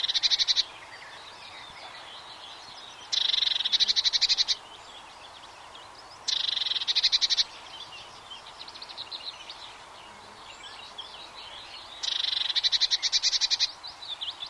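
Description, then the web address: Eurasian blue tit repeating its trilled song four times, each a burst of rapid high notes, separated by pauses of a few seconds over a noisy background. "bbc Bird Song Site Blue Tit - Mesange (tit)"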